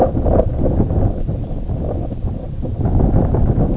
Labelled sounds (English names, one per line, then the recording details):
Red Phalarope
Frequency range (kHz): Red Phalarope 2.6-4.0 kHz
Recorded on Arctic tundra, site IGLO-A, on 18 June 2018
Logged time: 11:59